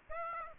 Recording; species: mosquito wingbeat signal from an infrared sensor; Aedes aegypti